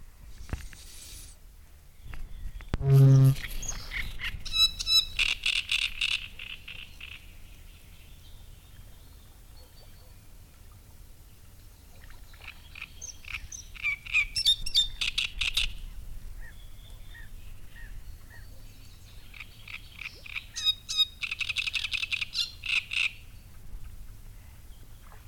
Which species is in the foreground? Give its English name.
Great Reed Warbler